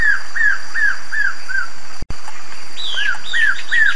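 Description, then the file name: White-throated seedeater song: a series of slurred arched whistles, a brief cut of silence, then higher falling notes and more whistles, over a steady hiss. "canto do papo branco"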